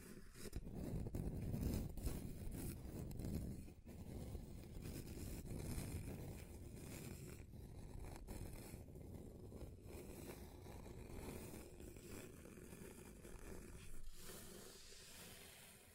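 Scratching on a tabletop and other surfaces, a dense, continuous rasping that stays mostly low and rumbling with brighter scraping edges. The texture shifts as the strokes change, with brief gaps or dips around four, eight and fourteen seconds, and it fades slightly toward the end.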